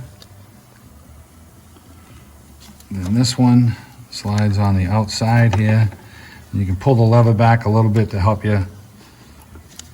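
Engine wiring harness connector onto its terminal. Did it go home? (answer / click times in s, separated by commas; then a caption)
yes / 9.8 s. A plastic engine wiring harness electrical connector with a locking lever is pushed onto its terminal on the 4.0 engine of a 1999–2004 Jeep Grand Cherokee during reassembly after a valve cover gasket job. Someone talks through most of the clip, and a sharp click at 9.8 s marks the connector clipping on and seating.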